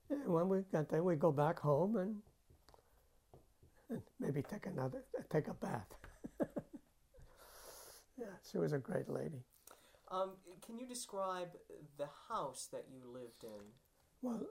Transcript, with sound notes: And when we got done we'd go back home and maybe take another, take a bath. ( he laughs ) Yeah, she was a great lady.
Um, can you describe the house that you lived in?